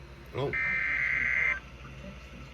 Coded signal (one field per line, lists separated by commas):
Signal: Emergency Alert System (SAME) tones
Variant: header bursts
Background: speech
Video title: Double Header EAS Special Marine Warning And Required Weekly Test On NOAA Weather Radio